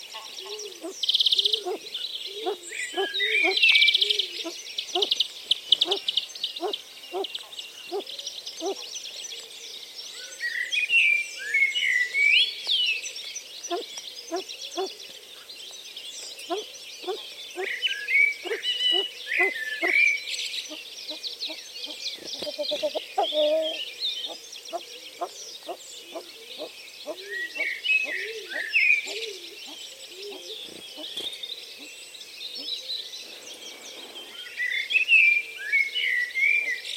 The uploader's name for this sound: The Bottom of My Garden